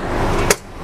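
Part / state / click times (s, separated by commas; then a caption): seat slide latch into floor rail / not seated / none. A manual second-row pilot seat in a 2013 Toyota Alphard G is slid along its floor rail, with a steady low rumble of movement. A sharp metallic knock comes at about 0.5 s, but the slide latch has not yet locked into a notch, so nothing has seated or clicked yet.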